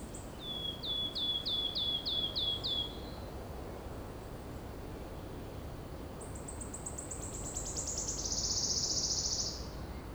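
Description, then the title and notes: Wood warbler singing, a run of repeated sharp ticking notes followed by a long, high, shimmering trill that speeds into a buzz, with low traffic rumble throughout. Wood warbler singing solo on leaving Banges cave, Alléves, France; Bauges road noise. "Alléves, France - Pouillot siffleur. Le paysage sonore en sortant de la grotte de Banges , un pouillot siffleur en solo, grand corbeau, un peu de vent dans les feuillages et les bruits de la route des Bauges"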